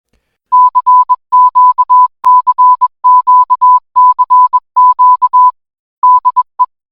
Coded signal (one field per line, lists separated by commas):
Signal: Morse code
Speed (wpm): 21 wpm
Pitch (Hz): 1000 Hz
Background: none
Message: CQ CQ CQ DE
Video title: AB4WS RADIO SHOW 2025 11 07